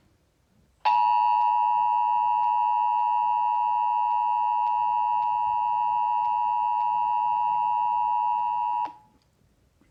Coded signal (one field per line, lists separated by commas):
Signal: Emergency Alert System (SAME) tones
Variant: 853 and 960 Hz attention tone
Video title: YT First! SVR #1 on WXJ84, WCST-FM, WVSR & WYNL (7/17/23) EAS 1747-1750